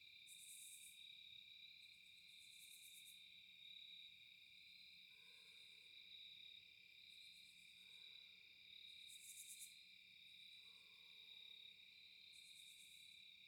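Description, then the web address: Crickets chirping in steady high trilling layers, with brief pulsed bursts above and a few faint lower calls around seconds five, eight and eleven. Night ambience at a cabin in a quiet forest, no wind. "Eiravaein Works - Vaeyan IV AMB,cabin,forest,night,crickets,quiet,fox,dogs,wildlife,nowind"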